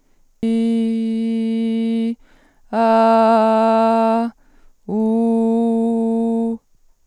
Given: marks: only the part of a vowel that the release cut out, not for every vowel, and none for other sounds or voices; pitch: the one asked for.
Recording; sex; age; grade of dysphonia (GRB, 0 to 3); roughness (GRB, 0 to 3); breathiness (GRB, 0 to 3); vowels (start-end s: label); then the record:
sustained vowels; female; 40 to 49 years; 0; 0; 0
0.48-2.06 s: vowel /i/, low pitch
2.81-4.22 s: vowel /a/, low pitch
4.99-6.46 s: vowel /u/, low pitch
From the record:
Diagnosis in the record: healthy voice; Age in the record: 41 years